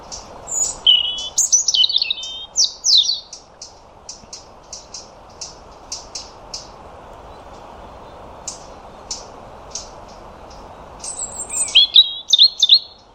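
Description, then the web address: European robin song: quick, high, liquid warbling phrases at the start, a series of short thin notes in between, and another sweet trilling phrase near the end, over soft hiss. "Deverinetal 2025 File origin Bird Only Er Ru"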